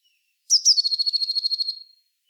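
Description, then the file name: Eurasian blue tit churring: two sharp high notes followed by a rapid, even, buzzy trill, fading out after about a second and a half. "Cyanistes caeruleus"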